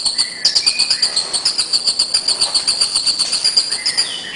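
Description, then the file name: Bird producing a rhythmic string of piercing high chirps, about four a second, alongside brief flat whistles lower in pitch. "burungrio"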